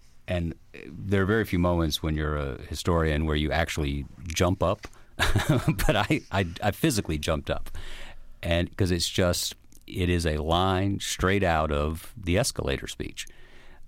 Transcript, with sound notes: And there are very few moments when you're a historian where you actually jump up (laughter). But I physically jumped up. And - because it's just - it is a line straight out of the escalator speech.